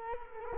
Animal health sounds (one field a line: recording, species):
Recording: mosquito wingbeat signal from an infrared sensor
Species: Culex quinquefasciatus